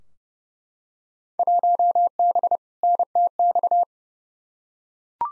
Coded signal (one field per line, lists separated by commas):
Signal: Morse code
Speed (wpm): 30 wpm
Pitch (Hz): 700 Hz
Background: none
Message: 1B NTX